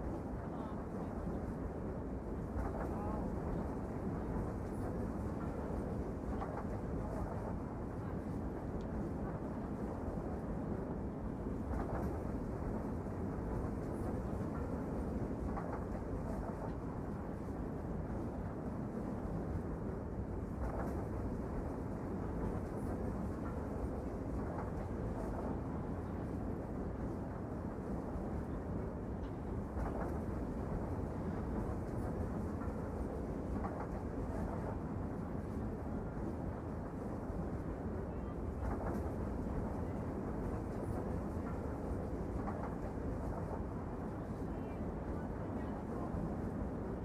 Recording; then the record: background sound without coughing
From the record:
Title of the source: Train Ride Ambience ambient white noise for sleeping, focus, studying, reading